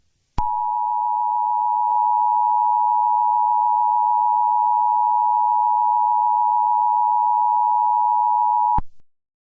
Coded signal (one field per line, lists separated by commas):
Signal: Emergency Alert System (SAME) tones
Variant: 853 and 960 Hz attention tone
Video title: EAS Scenario #9: Dinosaur Resurrection